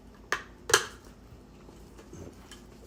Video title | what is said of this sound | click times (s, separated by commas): #1 Fastheadlights LED switchback tow mirror ￼breakdown and install 2021, 2022 HD Chevy Silverado | then we'll get this piece snapped back in | 0.3 s, 0.7 s